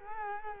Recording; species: mosquito wingbeat signal from an infrared sensor; Culex quinquefasciatus